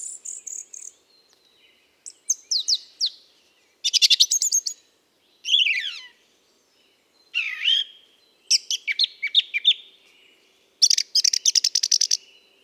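Mistle thrush singing a run of varied phrases with clear whistles, steeply descending slurs and buzzy high trills, separated by short silent gaps.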